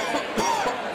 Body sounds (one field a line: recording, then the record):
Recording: coughing mixed with background sound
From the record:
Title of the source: Dry Coughing Fit in the Afternoon.